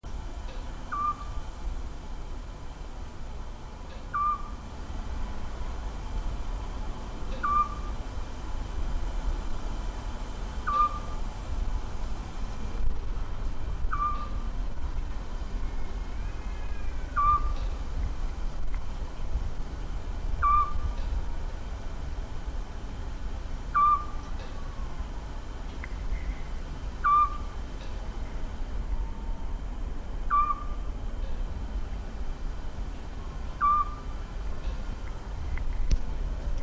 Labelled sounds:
Eurasian Scops Owl
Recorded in the wild
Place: Piskopiano, Insel Kreta, GR
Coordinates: 35.2242, 25.45
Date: 1996-09-29 22:00
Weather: 18°C, cloudy
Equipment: Sony MD-WM MZ-R3, Sennheiser MKH 416 T, Kopie Uher 4000 Report Monitor
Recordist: Tembrock, Günter

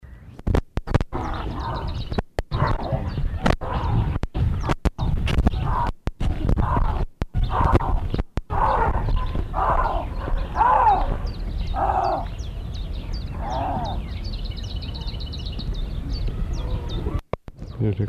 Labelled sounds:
Canadian Lynx call
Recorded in captivity
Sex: male
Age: adult
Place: Zoopark Erfurt, Thüringen, DE
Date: 1972-05-19 10:08
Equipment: Uher 4200 Report Stereo, Sennheiser MD 421, Tesla-Verstärker
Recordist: Tembrock, Günter
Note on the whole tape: Kanadischer Luchs: Männchen, Rufreihe

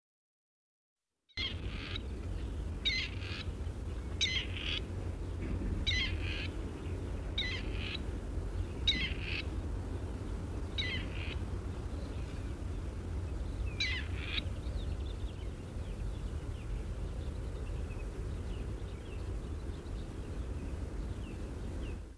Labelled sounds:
Grey Partridge call
Common Pheasant
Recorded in the wild
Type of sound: call
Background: Phasianus colchicus
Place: Albesti, Transilvania, RO
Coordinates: 46.258, 24.86
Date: 1973-04-29
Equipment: Nagra III BH, Sennheiser MD 21, parabola
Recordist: Schubert, Michael
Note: Rebhuhn - Männchen Hauptrufe, Hintergrund Fasan

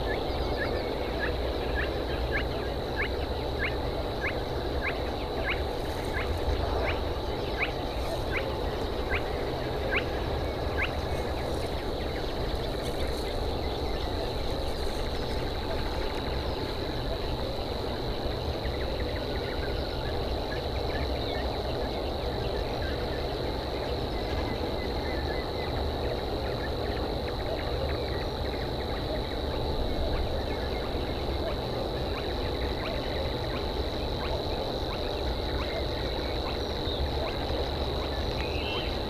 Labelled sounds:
Spotted Crake
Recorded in the wild
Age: adult
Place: Schwedt/Oder, Nationalpark Unteres Odertal, Brandenburg, DE
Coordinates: 53.0825, 14.331
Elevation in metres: 1
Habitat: wetland
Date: 2014-05-06
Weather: clear, 4°C, almost windless
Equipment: Sound Devices 702, Sennheiser MKH 70, Rycote Windschutz
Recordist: Frommolt, Karl-Heinz

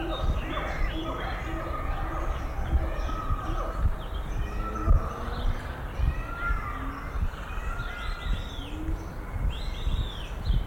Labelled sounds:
Siamang
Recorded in captivity
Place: Münchner Tierpark Hellabrunn, Bayern, DE
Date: 1995-05-27 10:36
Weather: heiter 15-20°C, böiger Wind
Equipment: Marantz CP 430, Sennheiser ME 80, Kopie Uher 4000 Report Monitor
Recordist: Tembrock, Günter

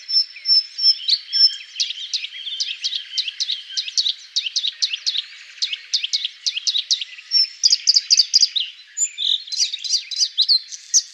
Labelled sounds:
Bluethroat song
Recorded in the wild
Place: Pripyatskiy NP, BY
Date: 2005-05-28
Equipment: Minidisc Sony MZ-R35, Telinga DAT, Telinga-Parabolspiegel
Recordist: Schwarz, Dieter

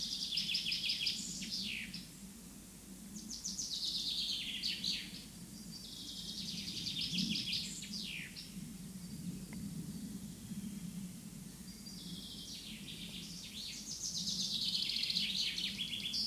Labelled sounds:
Common Chaffinch song
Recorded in the wild
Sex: male
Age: adult
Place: Oehrenstock/Langewiesen, Thüringer Wald, Thüringen, DE
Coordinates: 50.6603, 10.9428
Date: 2003-05-25 13:33
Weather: overcast, intermittent rain, 12 - 15°C
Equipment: Fair Mate ST-1328 (Asahi Electronics, Japan), Sennheiser ME 80, Kopie Uher 4000 Report Monitor
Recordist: Tembrock, Günter

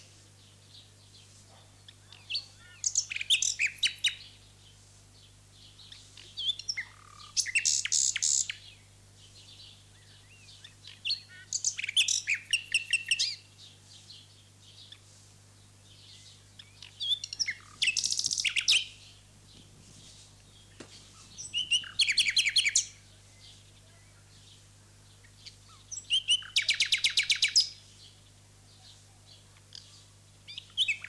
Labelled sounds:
Common Nightingale song
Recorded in the wild
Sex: male
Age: adult
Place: Lübars, Berlin, DE
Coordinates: 52.6167, 13.35
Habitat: residential district
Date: 2006-05-12 19:00
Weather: sunny, 23°C
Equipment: Grundig CR 110, Sennheiser ME 80, Kopie Uher 4000 Report Monitor
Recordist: Tembrock, Günter
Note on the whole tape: Gesang, zusammenhängend

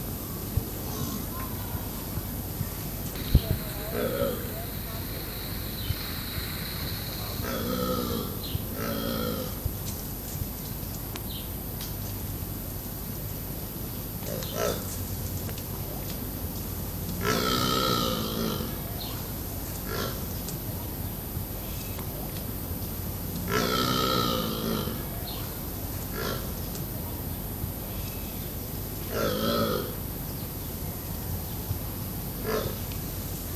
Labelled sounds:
Scimitar-horned Oryx call
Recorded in captivity
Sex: group
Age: diverse
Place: Zoo Berlin, Berlin, DE
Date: 2005-08-26 16:49
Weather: sunny, 17°C
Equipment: Panasonic RQ-2102, Sennheiser ME 80, Kopie Uher 4000 Report Monitor
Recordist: Tembrock, Günter

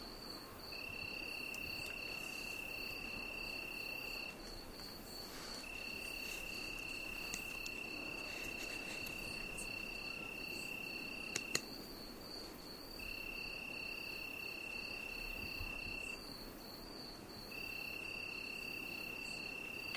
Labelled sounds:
Tree Cricket stridulation
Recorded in the wild
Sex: male
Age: imago
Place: Tiuccia, Corsica, FR
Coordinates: 42.0692, 8.73167
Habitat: macchia
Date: 2011-07-16
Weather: 20°C, clear night, almost windless
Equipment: Fostex FR2-LE, Sennheiser ME66, Popschutz
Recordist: Frommolt, Karl-Heinz

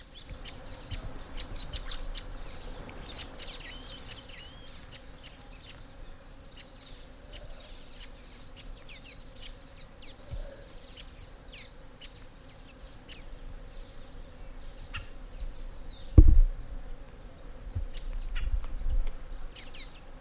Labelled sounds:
Common Waxbill call
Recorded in the wild
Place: S. Jorge dos Orgaos, Kapverdische Inseln, CV
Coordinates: 15.06, -23.62
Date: 1995-01-21
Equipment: Sony WM-D6C, Sennheiser ME 66, Kopie Revox C 270
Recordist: Fischer, Stefan

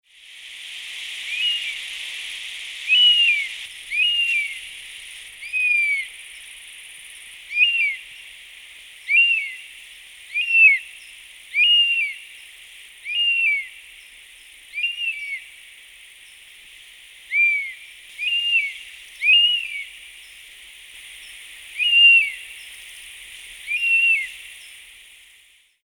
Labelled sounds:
European Honey Buzzard
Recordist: Tembrock, Günter
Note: Flugrufe

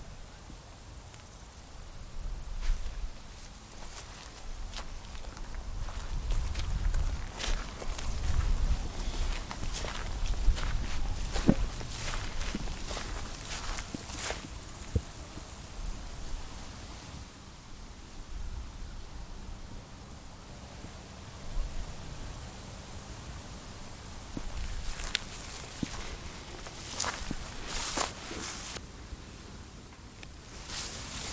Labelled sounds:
Roesel's Bush-cricket stridulation
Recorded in the wild
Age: imago
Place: Lübars, Berlin, DE
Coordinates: 52.6167, 13.35
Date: 1998-08-20 17:34
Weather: sonnig, ca. 26°C
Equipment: Marantz CP 430, Sennheiser ME 80, Kopie Uher 4000 Report Monitor
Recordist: Tembrock, Günter

